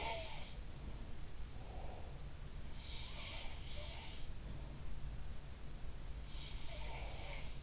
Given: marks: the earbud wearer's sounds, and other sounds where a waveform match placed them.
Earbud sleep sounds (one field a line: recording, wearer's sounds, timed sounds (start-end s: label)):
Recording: sounds in sleep by an in-ear microphone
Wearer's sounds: breath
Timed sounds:
0.00-0.45 s: sound from someone else or the room
0.82-2.20 s: breath
2.69-4.46 s: sound from someone else or the room
6.14-7.63 s: sound from someone else or the room